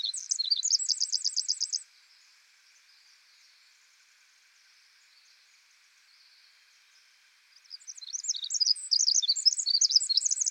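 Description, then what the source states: Pacific wren song: a quick high trill ends, several seconds of near quiet follow, then a fresh burst of rapid tinkling, jumbled notes begins. Very loud, lively and incessantly vocal, with unique vocalizations.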